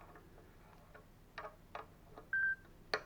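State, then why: Torque reached. A small torque wrench tightens a coaxial microwave cable connector onto an instrument port on the receiving antenna/oscilloscope side. Soft ticks and a brief steady tone come before a sharp click at 2.9 s as the wrench breaks over at its setting, confirming the connector is torqued.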